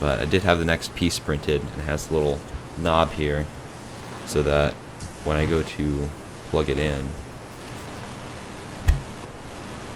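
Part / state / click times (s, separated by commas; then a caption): printed plastic knob piece into printed phone mount base / not seated / none. Someone talks while handling a newly 3D-printed red plastic piece with a small knob, about to plug it into its printed counterpart, a phone mount base, apparently for the car. A single brief sharp tap sounds at about 8.9 seconds over a low steady hiss. Nothing has seated or clicked yet.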